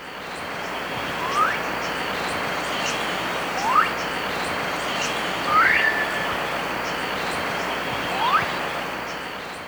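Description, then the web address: Wattled guan calls: four short rising whistled notes, a few seconds apart, over a continuous high drone. Ecuador. "Birds of Ecuador. Wattled Guan"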